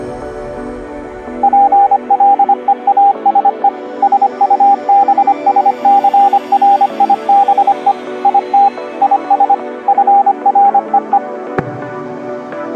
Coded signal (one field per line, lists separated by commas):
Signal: Morse code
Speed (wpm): 25 wpm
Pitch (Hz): 800 Hz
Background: music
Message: PLEASE SUBSCRIBE IT IS FREE